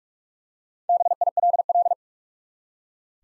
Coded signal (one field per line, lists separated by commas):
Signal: Morse code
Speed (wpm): 46 wpm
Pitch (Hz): 700 Hz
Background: none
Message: BILL